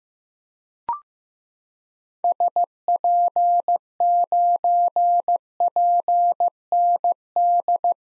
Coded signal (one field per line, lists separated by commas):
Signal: Morse code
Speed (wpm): 15 wpm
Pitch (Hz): 700 Hz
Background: none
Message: SP9PND